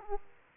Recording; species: mosquito wingbeat signal from an infrared sensor; Aedes aegypti